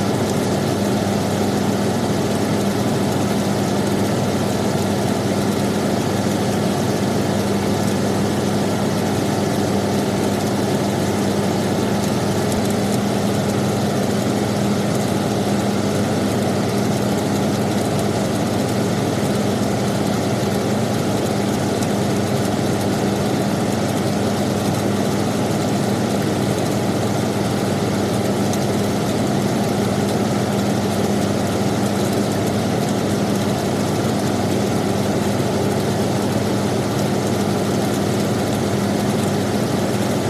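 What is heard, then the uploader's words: A bedroom air conditioner runs in a perfectly steady mechanical drone for the whole stretch, with no changes or breaks. A low hum sits at the core, layered with a dense whooshing hiss of moving air that reaches up into brighter tones. Air Conditioner Sound. The sound of a bedroom air conditioner. It's a perfect drone mechanical sound.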